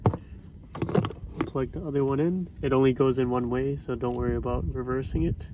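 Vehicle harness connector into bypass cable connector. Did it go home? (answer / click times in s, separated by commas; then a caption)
yes / 0.1 s. A plastic vehicle harness connector is plugged into a bypass cable connector and seats with a sharp click at 0.1 s, showing it is secured. A few smaller clicks and handling noises follow while someone talks.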